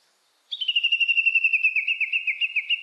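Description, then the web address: Japanese bush warbler giving a fast, even series of high, slurred notes, about seven a second, sustained for over two seconds without pause. Recorded on 29 April 2001. "2001 010429 uguisu"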